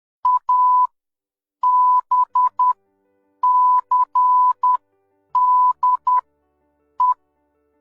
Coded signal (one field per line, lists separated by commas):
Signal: Morse code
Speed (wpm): 10 wpm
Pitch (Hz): 1000 Hz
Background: none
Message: A B C D E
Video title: Learn Morse code in 60 seconds